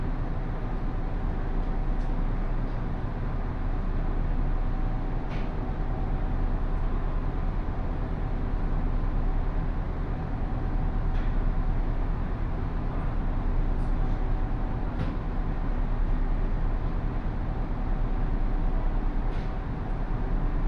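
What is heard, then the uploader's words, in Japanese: A Takayama Line local train runs along, its steady low rumble and drone filling the whole clip with little change in level. Faint clicks and brief ticks from the running gear appear every few seconds, notably around 2, 5, 11 and 15 seconds. 高山本線普通 上呂→下油井。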